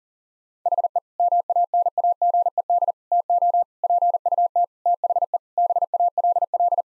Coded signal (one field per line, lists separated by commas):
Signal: Morse code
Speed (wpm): 37 wpm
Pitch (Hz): 700 Hz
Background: none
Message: HE MANAGED TO PUT THE BALL